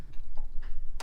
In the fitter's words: Got to find which one's binding. Little click on 1. 2 is binding.